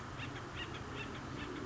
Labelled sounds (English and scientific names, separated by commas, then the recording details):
Acorn Woodpecker (Melanerpes formicivorus)
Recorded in Sonoma County, California